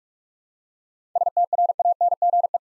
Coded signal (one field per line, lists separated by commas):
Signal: Morse code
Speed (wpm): 47 wpm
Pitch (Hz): 700 Hz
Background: none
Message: STRANGE